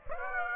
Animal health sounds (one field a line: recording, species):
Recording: mosquito wingbeat signal from an infrared sensor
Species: Aedes aegypti